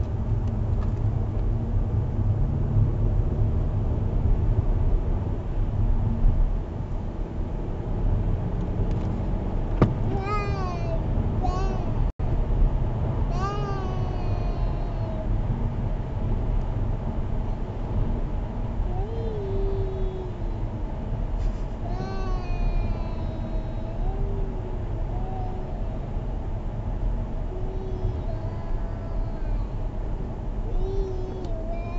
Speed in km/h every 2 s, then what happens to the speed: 61, 68, 72, 77, 85, 89, 90, 89, 85, 82, 82, 81, 79, 76, 69, 61.
0-13 speeds up to 90. 13-32 slows to 61.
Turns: 0-6.